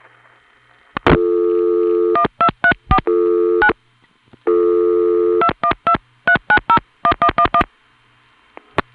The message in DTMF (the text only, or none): 1234 9 2123901111